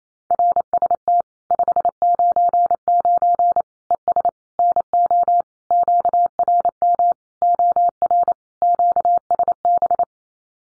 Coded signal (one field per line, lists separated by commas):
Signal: Morse code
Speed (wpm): 28 wpm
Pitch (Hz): 700 Hz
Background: none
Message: RST 599 ES NO QRM OR QSB